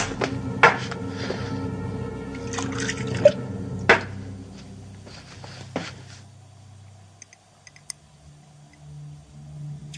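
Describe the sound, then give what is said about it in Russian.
Water splashes into a glass for a few seconds, punctuated by sharp clinks, then tapers off into faint drips and quiet handling noises. “Белый, воды. Воды.”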